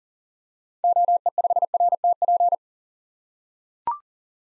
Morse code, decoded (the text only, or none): OE5RTP